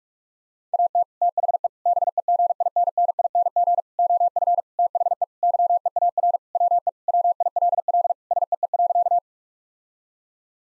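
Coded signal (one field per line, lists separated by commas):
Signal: Morse code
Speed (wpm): 42 wpm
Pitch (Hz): 700 Hz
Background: none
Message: AT THE BEGINNING OF THE YEAR WE WILL SEE.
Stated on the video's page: Morse practice sentences of common three-word phrases at 45 wpm, each sent, spoken, then sent again.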